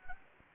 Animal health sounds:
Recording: mosquito wingbeat signal from an infrared sensor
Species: Anopheles gambiae

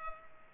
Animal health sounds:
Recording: mosquito wingbeat signal from an infrared sensor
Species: Culex pipiens

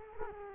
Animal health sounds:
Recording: mosquito wingbeat signal from an infrared sensor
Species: Culex quinquefasciatus

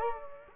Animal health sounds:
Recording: mosquito wingbeat signal from an infrared sensor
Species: Culex quinquefasciatus

